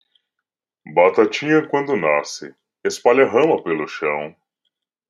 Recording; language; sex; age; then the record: short text; Brazilian Portuguese; male; 30 to 39 years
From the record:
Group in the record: control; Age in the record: 33 years